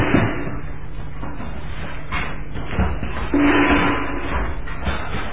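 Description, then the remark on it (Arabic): A locked door is rattled and shaken repeatedly, producing a steady, loud clatter with uneven bursts of knocking as it refuses to open, with no voices. “هذا الباب اللعين، إنه لا ينفتح.”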